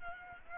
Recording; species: mosquito wingbeat signal from an infrared sensor; Aedes aegypti